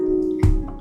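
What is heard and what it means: Plastic toy-brick arm pieces are pressed onto a brick model torso over a steady background tone, with a short sharp click at 0.4 s. The arm pieces do not go all the way in and are left not fully seated before a second push.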